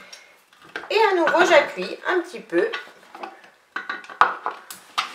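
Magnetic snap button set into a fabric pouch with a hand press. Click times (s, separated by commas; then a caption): 4.2 s. A magnetic snap button is pressed into a fabric pouch with a hand press lever, pushed down a little to set it. Someone talks, then a sharp press impact is heard at 4.2 s, followed by a few lighter knocks. The snap is seated and properly positioned.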